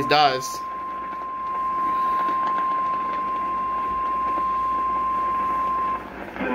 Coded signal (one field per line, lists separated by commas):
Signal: Emergency Alert System (SAME) tones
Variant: 1050 Hz attention tone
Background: speech